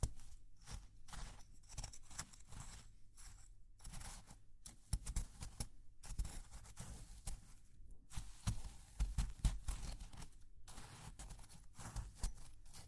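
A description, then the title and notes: Wet, sticky slime being squished and pulled, with continuous irregular crackles, pops and clicks, busiest around the middle and end. ASMR Slime sounds for sleep, tingles and relaxation.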